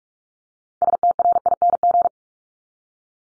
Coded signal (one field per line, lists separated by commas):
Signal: Morse code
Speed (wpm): 44 wpm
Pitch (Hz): 700 Hz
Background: none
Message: STRING